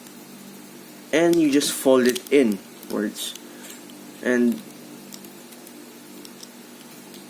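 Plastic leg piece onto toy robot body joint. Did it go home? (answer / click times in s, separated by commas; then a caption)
yes / 6.2 s, 6.4 s. Someone talks while a plastic leg piece of an Action Toys Mini Action #3 Daimos transforming toy robot is pushed onto its joint on the robot body. Sharp clicks at 6.2 s and 6.4 s show the leg has clicked on and is seated.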